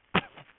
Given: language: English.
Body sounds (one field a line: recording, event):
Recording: throat vibration sensor signal played as sound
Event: cough